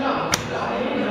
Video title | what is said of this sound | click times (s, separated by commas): bomb calorimeter tutorial ver 2 | once it's study of 25 bar you can lift this handle up you'll hear a snap | 0.3 s